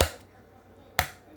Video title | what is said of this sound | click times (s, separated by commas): ROSS Dress For Less Tool Purchase and Findings. | you hear one more snap. | 1.0 s